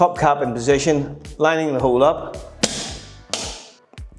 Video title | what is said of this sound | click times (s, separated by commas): NEW Korniche Roof Lantern Installation video | Clicked into place. Perfect. | 2.6 s